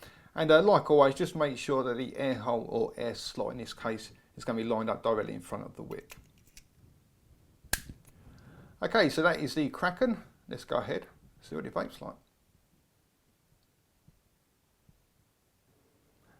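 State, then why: Seated. Someone talks while the metal tank protector sleeve is slid over the top of the rebuildable deck of a Vicious Ant Kraken Genesis atomiser, with its air slot lined up directly in front of the wick. A few faint ticks come just before a single sharp, loud click at 7.7 s as the sleeve is pushed down and seats in place on the atomiser base.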